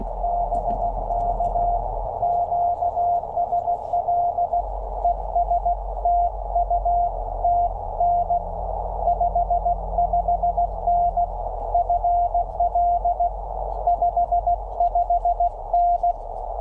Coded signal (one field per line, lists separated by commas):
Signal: Morse code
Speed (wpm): 16 wpm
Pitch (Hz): 690 Hz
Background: radio noise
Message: BK QSL ES TU TN 55N FL 55N